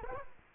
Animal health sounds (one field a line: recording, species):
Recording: mosquito wingbeat signal from an infrared sensor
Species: Culex quinquefasciatus